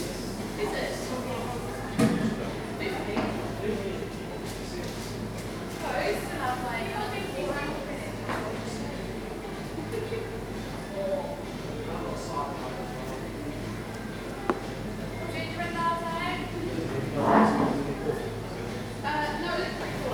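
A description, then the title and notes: Coffee shop chatter with overlapping voices, a low steady hum underneath, and occasional clinks and sharp knocks, one around seventeen seconds. Coffee shop, part 1. In a coffee shop on a dark evening, rain is falling outside.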